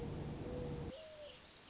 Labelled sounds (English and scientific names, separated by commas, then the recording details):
Mourning Dove (Zenaida macroura)
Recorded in Sonoma County, California